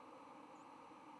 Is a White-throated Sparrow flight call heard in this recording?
no